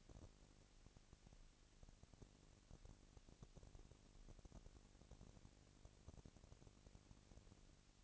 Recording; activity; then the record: daily activity, microphone in the room; no activity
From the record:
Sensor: 4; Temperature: 22.4 degrees Celsius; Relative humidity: 31.9%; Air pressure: 998.0 hPa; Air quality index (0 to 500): 203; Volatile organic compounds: 17 ppm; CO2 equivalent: 2570 ppm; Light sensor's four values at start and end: 2/3/1/1 and 2/3/1/1